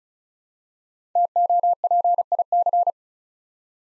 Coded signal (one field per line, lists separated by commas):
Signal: Morse code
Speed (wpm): 36 wpm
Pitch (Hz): 700 Hz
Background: none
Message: TOPIC